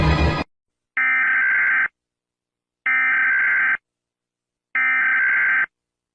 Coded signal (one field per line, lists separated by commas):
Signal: Emergency Alert System (SAME) tones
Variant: header bursts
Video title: compilation of all the eas alarms from every country (READ DESC)